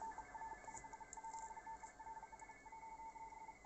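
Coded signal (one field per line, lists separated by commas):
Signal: RTTY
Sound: rapid two-tone warbling teleprinter chatter with a broken, stuttering tone below it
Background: radio static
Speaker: cq test oscar november seven tango kilo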